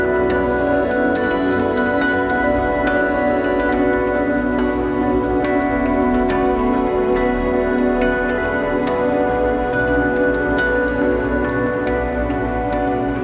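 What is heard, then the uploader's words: Lakeshore ambience dominated by a steady, dense low hum with held tones, dotted by faint, irregular clicks and ticks throughout. Lakeshore. The feeling of standing on the shore of a lake, feeling the wind, tasting the air.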